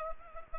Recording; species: mosquito wingbeat signal from an infrared sensor; Culex pipiens